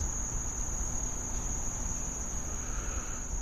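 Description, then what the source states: Insect calling with a thin, very high, unbroken tone held steadily throughout, over a low rumbling background noise. Summer sound, loudest in the northwest corner of the front yard near a maple, heard in fall; expected to stop when the freeze comes.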